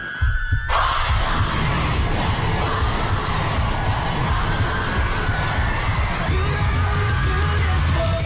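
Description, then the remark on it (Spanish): A huge crowd of fans screams and cheers in a continuous, loud, high-pitched roar that kicks in abruptly and keeps going without a break, with shrieks and whoops piercing the din. “Entero grita su nombre”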